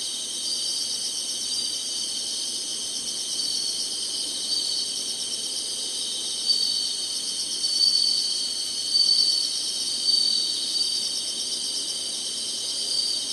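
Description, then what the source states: Insect chorus forms a continuous high buzz, with brief louder chirping bursts rising above it every second or two in the latter half. Singing insects in summer.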